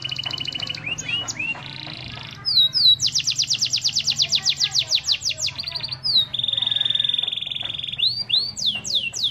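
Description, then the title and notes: Canary song mixing short trills, a long rolling rattle, a steady sustained note and swooping whistles, with a low hum beneath. Canary master song for training birds. "Suara Burung Kenari Masteran. master suara burung kenari mantap"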